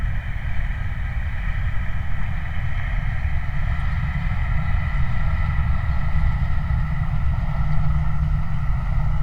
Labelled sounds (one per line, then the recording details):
flare stack
vehicle
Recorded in the Prudhoe Bay oil fields, Alaska, on 29 July 2019
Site 29